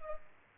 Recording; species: mosquito wingbeat signal from an infrared sensor; Culex pipiens